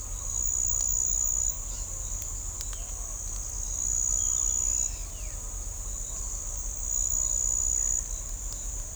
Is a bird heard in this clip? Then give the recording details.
no. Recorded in shrubland near Pivijay, Magdalena, Colombia, on 2 June 2023 at 06:30. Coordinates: 10.453, -74.365. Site P5-G022